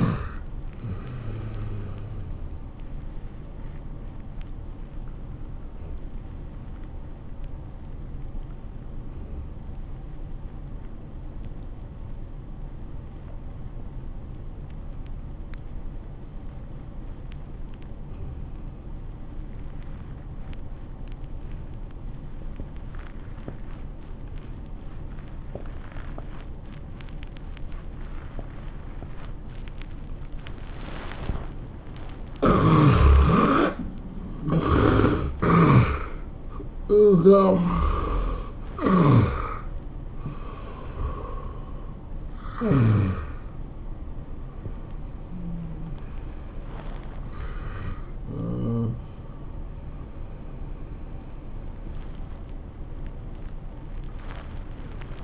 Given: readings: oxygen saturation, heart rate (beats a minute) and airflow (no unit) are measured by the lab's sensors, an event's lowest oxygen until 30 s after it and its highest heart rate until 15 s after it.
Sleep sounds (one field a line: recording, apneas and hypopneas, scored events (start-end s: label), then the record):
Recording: breathing in sleep by a smartphone at the bedside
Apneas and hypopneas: 1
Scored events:
5.00-31.90 s: obstructive apnea (N1, oxygen 97% highest, then 71% lowest, heart rate 87 at the start, 102 highest)
17.00-47.00 s: new sleep stage, N2 (light sleep)
47.00-55.24 s: new sleep stage, N1 (lightest sleep)
From the record:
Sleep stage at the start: N1 (lightest sleep)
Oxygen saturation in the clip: 71 to 97%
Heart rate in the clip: 74 to 103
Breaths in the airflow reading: 8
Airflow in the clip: -19.4 to 14.5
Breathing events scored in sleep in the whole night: 403 in 5.5 hours asleep